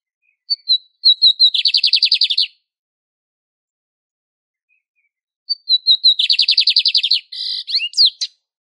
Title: CANTO DO BIGODINHO - CANTO CLÁSSICO - ESQUENTAR/ENCARTE